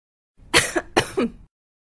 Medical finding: Coughing woman.